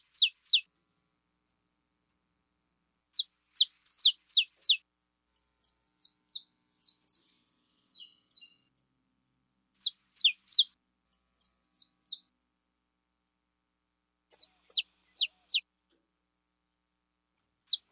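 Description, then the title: Belgian canary song: repeated bursts of rapid, very high descending chirps, with a brief buzzy twitter and short pauses between bursts. Pure-bred Belgian canary singing. "Canto Do Canário Belga Puro"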